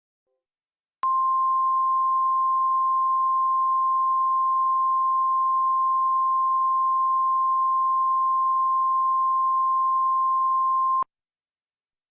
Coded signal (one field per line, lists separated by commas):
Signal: Emergency Alert System (SAME) tones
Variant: 1050 Hz attention tone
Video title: EAS Scenario - Astronomical Disaster